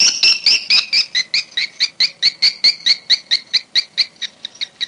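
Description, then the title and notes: Swiftlet chirps, clear two-toned notes repeated steadily in a rapid run. Sound used in swiftlet farming in Asia. "Swiflet Bird Sound. Farming Swiflet Bird asia sound"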